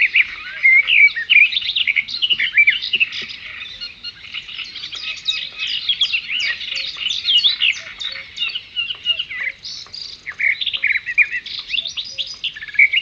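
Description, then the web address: Birds calling at water: continuous overlapping high chirps and quick twittering notes from several birds, busy and unbroken throughout, with softer scattered tones underneath. "best service Blue Box birds birds in at water"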